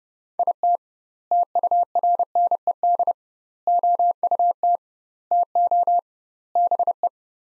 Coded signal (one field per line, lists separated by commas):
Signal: Morse code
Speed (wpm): 30 wpm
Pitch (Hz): 700 Hz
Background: none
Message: IT TURNED OUT TO BE